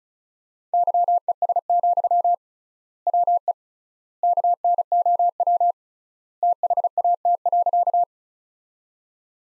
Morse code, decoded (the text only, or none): YES, WE KNOW THAT.